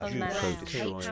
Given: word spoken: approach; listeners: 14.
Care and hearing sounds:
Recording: one English word in noise, from a listening test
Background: four-talker babble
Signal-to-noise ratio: -2.8 dB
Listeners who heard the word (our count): 1 of 14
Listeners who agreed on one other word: 8 of 14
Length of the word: 0.72 s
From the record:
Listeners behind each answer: 8, 2, 1, 1, 1, 1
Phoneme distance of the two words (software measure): 44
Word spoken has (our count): 2 syllables, 5 phonemes, stress on syllable 2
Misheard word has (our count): 1 syllable, 3 phonemes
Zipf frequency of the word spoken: 4.71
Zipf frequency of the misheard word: 4.44

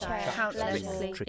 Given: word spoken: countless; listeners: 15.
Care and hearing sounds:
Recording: one English word in noise, from a listening test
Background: four-talker babble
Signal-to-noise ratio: -1.9 dB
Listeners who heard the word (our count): 1 of 15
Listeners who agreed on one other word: 9 of 15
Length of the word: 0.89 s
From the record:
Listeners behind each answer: 9, 1, 1, 1, 1, 1, 1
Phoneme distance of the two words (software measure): 55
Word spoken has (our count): 2 syllables, 7 phonemes, stress on syllable 1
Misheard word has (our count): 1 syllable, 2 phonemes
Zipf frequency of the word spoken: 3.68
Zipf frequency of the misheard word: 4.66

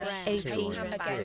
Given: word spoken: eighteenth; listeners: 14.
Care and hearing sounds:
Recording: one English word in noise, from a listening test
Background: four-talker babble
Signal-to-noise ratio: 0.9 dB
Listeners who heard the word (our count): 2 of 14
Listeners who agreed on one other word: 6 of 14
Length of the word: 0.84 s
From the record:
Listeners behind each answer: 6, 5, 2, 1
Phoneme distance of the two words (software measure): 14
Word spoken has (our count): 2 syllables, 5 phonemes, stress on syllable 1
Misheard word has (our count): 2 syllables, 3 phonemes, stress on syllable 1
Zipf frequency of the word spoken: 2.36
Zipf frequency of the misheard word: 2.78

